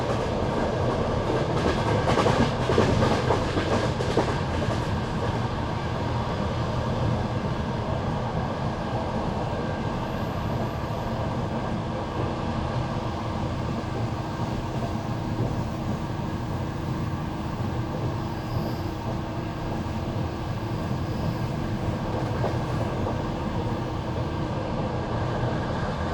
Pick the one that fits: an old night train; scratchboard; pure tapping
an old night train